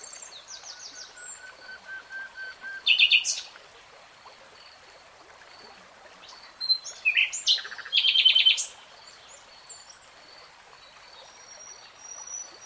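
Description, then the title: Nightingale singing in separate short phrases: a soft series of low notes, then loud rattling bursts, one alone and a cluster several seconds later, over quiet background twittering. Singing in real time. "[Tiếng chim hót] Nightingale Singing"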